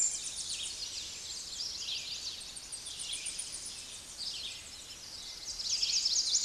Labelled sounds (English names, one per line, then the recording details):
Tennessee Warbler song
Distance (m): 35 m
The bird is about level with the microphone
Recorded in a Pennsylvania forest on 16 May 2024 at 09:29
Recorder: AudioMoth, point MSD-0407
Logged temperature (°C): 15.8 °C
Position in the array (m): 78 m, 201 m